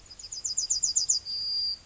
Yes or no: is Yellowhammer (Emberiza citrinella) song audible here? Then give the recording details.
yes. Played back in grassland. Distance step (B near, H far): D. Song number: 112